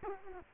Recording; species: mosquito wingbeat signal from an infrared sensor; Culex quinquefasciatus